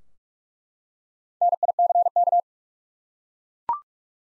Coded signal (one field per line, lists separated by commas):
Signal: Morse code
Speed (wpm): 41 wpm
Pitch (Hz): 700 Hz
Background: none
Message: NICK